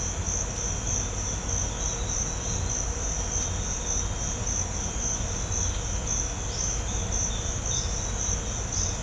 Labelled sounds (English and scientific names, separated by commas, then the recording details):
none
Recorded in pastures near Puerto Asís, Putumayo, Colombia, on 20 December 2024 at 06:00
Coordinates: 0.502, -76.324
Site G077